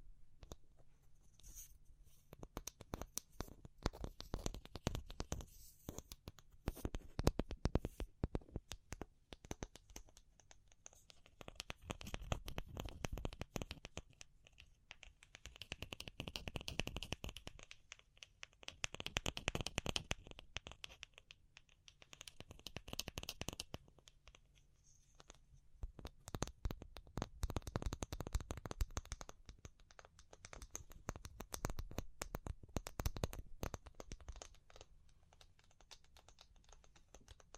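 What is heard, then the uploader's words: Fingertips tap in quick, dense bursts of sharp clicks, each flurry lasting several seconds before easing into sparser, slower taps. The pattern repeats about five times across the clip, with a faint hum and a thin high tone underneath. ASMR Pure Tapping Fast and Slow (No Talking).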